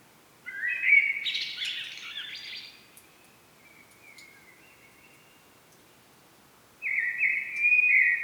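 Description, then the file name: Common blackbird song: a rich warbling phrase with a scratchy high ending, a softer quieter strophe, then a second phrase starting near the end. "Turdus merula"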